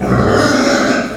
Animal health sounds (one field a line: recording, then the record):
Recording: squeal of a Yucatan mini pig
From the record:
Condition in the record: after surgery on the right vocal fold (resection and tissue-engineered implant)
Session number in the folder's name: 8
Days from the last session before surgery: 57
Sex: female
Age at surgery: 19 weeks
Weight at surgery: 25 kg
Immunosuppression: prednisolone